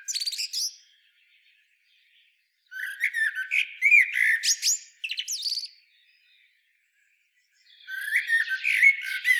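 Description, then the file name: Common blackbird song: a short squeaky burst, a pause, then a long warbled phrase of whistles and shrill notes, silence, and a final twittering phrase. "Turdus merula"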